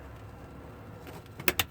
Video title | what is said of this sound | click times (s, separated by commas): 2016 Northern Lite 8'11 Queen Classic SE Truck Camper @ Camp-Out RV in Stratford | it'll click and then hold it open for you so once you have it open to the distance that you want you can pull down your screen | 1.5 s, 1.6 s